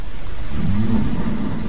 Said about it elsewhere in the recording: It is the loudest snoring you'll ever hear in your life. Sounds like the ocean. Sounds like a Mustang starting up.